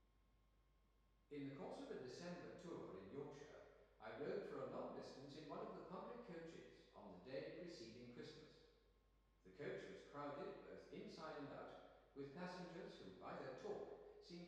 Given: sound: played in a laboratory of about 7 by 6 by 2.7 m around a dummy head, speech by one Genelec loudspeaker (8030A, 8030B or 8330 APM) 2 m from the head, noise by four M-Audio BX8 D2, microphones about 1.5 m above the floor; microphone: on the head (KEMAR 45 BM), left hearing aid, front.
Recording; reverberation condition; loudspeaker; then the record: male speech in English; high; 60 degrees to the right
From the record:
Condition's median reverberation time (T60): about 1300 ms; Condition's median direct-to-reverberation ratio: about -4.0 dB